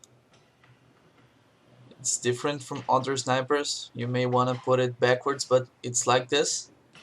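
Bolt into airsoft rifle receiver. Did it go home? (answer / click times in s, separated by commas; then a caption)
no / none. The bolt of an ARES DSR-1 airsoft sniper rifle is being inserted into the receiver lugs first, in the correct orientation, so that it will lock in. Someone talks over faint handling ticks near 0.0, 0.6 and 1.9 seconds. Nothing has seated or clicked yet.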